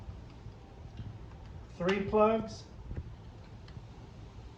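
Three plastic wiring-harness plugs are handled at the driver's door window switch panel of a 2007 Mazda 6 during a motor and regulator install. Someone talks briefly over faint ticks and light handling noise. Nothing has seated or clicked yet.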